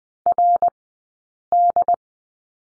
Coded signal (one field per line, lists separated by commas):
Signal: Morse code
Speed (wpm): 20 wpm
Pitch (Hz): 700 Hz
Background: none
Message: RD